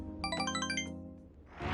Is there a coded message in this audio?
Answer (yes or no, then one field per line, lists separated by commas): no